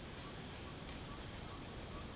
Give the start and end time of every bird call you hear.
[0.19, 2.15] bird call (0.7-1.7 kHz)

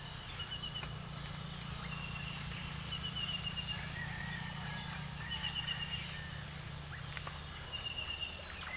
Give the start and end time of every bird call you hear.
[6.89, 7.04] bird call (0.9-2.3 kHz)

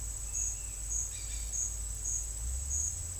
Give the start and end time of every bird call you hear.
[1.15, 1.49] bird call (1.9-6.0 kHz)

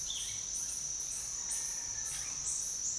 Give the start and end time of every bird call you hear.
[0.00, 2.57] bird call (0.7-4.4 kHz)

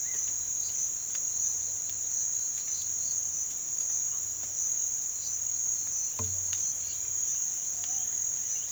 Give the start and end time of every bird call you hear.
[7.70, 8.05] bird call (0.5-1.3 kHz)

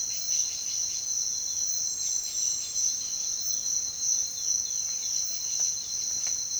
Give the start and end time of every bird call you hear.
[0.00, 6.49] bird call (1.9-5.4 kHz)

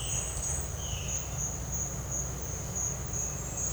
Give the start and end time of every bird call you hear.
[0.74, 1.30] bird call (2.3-3.8 kHz)

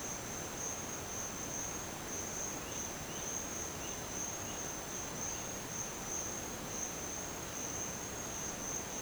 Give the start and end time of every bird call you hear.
[2.57, 5.49] bird call (2.1-4.2 kHz)

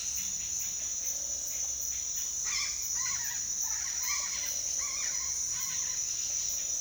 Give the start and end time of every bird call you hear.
[2.43, 6.00] bird call (0.5-6.7 kHz)

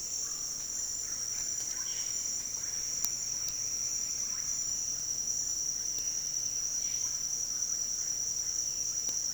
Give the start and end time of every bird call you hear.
[0.23, 4.55] bird call (0.8-3.1 kHz)

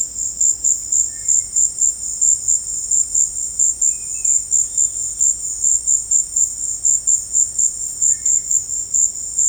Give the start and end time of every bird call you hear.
[1.01, 1.62] bird call (1.3-2.6 kHz)
[3.75, 4.44] bird call (1.8-2.9 kHz)
[8.02, 8.59] bird call (1.5-2.7 kHz)

